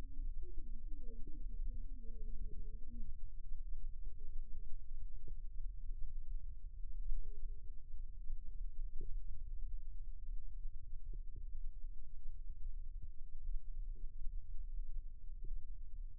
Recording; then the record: forearm muscle sounds (acoustic myography)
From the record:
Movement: rest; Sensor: system 2, bracelet of six BSWA MPA416 microphones around the upper forearm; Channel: 5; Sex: male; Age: 22 years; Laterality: right